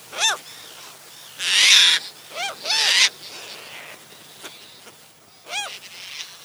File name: CHajka reliktovaja